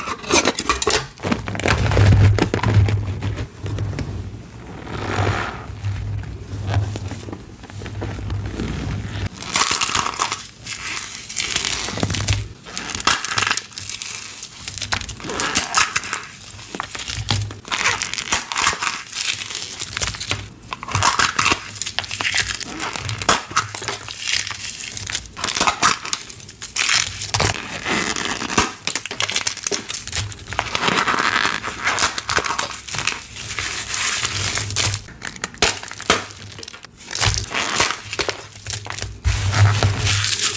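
Eggs coated in cornstarch powder are crushed and rubbed, giving dense, continuous crinkly crunching and squeaky rustling for the whole 41 seconds. Sharp cracks and brighter bursts come every few seconds, and a low steady hum sits underneath throughout.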